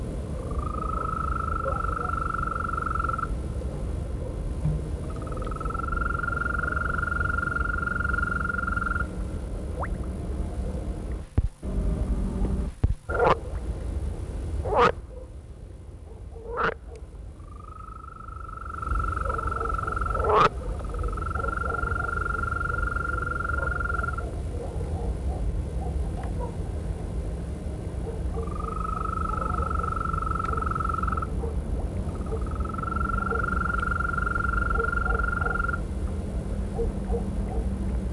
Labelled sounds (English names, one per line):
Green Toad call